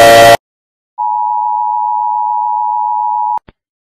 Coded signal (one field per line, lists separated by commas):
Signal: Emergency Alert System (SAME) tones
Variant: 853 and 960 Hz attention tone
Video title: Rating EAS alarms|| Part 3